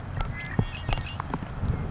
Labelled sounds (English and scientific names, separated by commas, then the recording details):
Red-winged Blackbird (Agelaius phoeniceus)
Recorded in Sonoma County, California